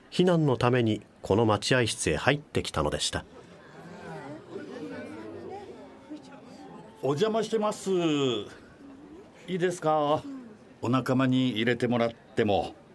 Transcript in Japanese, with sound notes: 避難のためにこの待合室へ入って来たのでした。
（乗客たちのざわめき） お邪魔します。いいですか、お仲間に入れてもらっても…